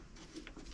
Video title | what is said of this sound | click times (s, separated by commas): Creality Ender-3 S1 Pro - Getting it PRINT READY | Click. There's no real satisfying click or anything, but it's definitely now in place. | 0.5 s